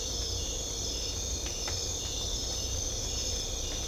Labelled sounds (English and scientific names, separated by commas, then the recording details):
none
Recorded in secondary vegetation near Puerto Asís, Putumayo, Colombia, on 18 December 2024 at 02:30
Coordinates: 0.500, -76.326
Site G065